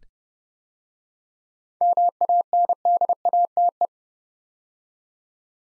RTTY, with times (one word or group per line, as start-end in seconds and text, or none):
none